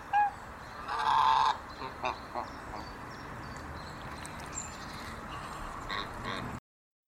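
Swan goose giving a short nasal honk near the start, then a longer loud honk, followed by a few fainter honks against steady background hiss.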